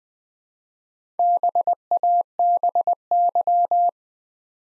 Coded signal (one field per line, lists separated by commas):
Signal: Morse code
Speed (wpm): 20 wpm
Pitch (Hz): 700 Hz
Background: none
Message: BABY